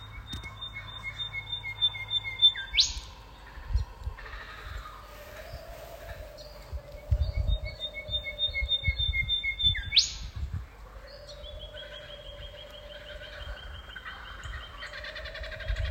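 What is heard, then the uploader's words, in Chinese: Small birds call in the bush, with long steady whistled notes, quick chirps and trills over a low rumble of wind throughout. 丛林里小鸟的叫声澳大利亚维多利亚州马斯克。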